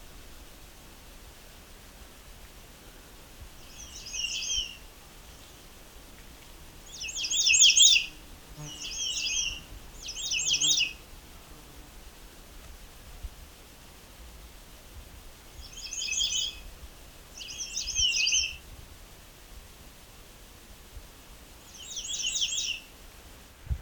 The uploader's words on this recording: It's late afternoon during the summer solstice of 2021, a time of the day when the birds are singing at a slower, more relaxed pace in the quiet soundscape of the Bruce Peninsula National Park in Ontario, Canada.